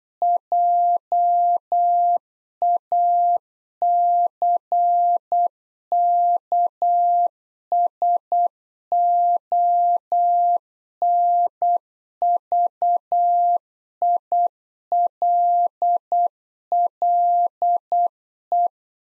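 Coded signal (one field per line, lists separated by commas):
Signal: Morse code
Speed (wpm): 8 wpm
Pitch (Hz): 700 Hz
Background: none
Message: JACKSONVILLE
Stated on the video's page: Practice QSO beginning segment (RST, QTH, name) at 8 wpm, sent twice for head-copy.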